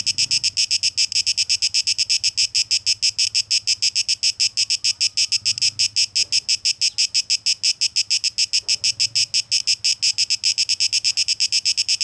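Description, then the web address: Cicadas give a continuous pulsed, metallic buzz, loud and high, with a few faint low thumps behind. Cicadas recorded on 12 August 2023. "rauschpartikel Audio 2023-08-12 Zikaden"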